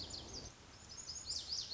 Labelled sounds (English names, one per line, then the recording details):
Lazuli Bunting
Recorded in Sonoma County, California